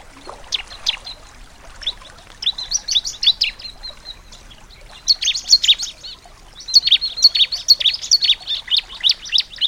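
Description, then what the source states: Bar-winged prinia song: bursts of quick, sharp high chirps and trills in several runs, growing denser and louder toward the end, over a quiet background. Nature-therapy sound for a ciblek that has stopped singing (macet).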